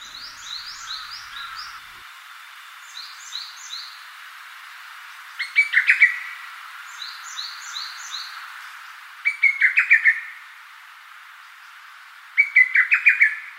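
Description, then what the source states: Lesser cuckoo repeating loud, staccato five- or six-note phrases about every three to four seconds, while another bird gives softer, higher chirping notes in between. Recorded in Rikugien garden, Tokyo, Japan.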